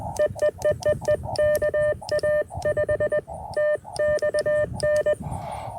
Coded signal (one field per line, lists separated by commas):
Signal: Morse code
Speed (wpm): 20 wpm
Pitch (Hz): 600 Hz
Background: none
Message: EEEEE KA5TXN